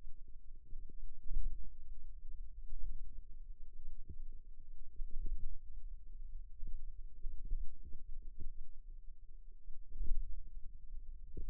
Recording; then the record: forearm muscle sounds (acoustic myography)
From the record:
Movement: pen grasping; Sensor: system 2, bracelet of six BSWA MPA416 microphones around the upper forearm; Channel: 5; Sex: female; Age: 22 years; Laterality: right